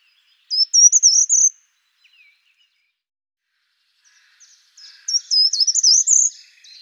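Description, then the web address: Short-toed treecreeper song: a short, high twittering phrase, then a longer run of rising and falling high notes. "birdify. certhia brachydactyla"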